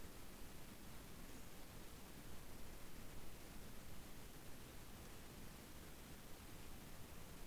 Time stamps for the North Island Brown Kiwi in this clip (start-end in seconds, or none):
none